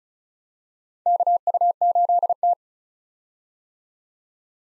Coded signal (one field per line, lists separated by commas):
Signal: Morse code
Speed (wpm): 34 wpm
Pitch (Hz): 700 Hz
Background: none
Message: KU8T